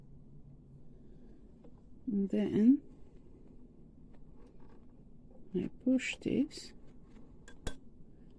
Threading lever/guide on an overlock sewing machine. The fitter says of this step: and it click in place.